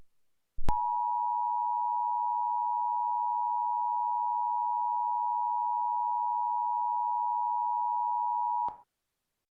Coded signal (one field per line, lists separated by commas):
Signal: Emergency Alert System (SAME) tones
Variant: 853 and 960 Hz attention tone